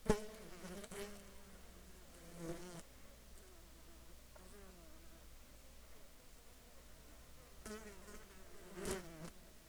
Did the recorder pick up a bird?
no